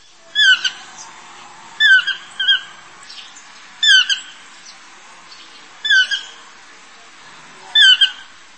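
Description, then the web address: Toucan calls, harsh squawking bursts of two or three notes, repeated roughly every two seconds, with no other clear sounds. "tukan"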